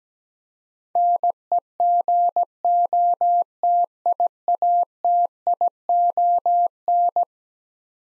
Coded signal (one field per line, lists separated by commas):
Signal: Morse code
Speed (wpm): 17 wpm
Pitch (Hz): 700 Hz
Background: none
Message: NEGOTIATION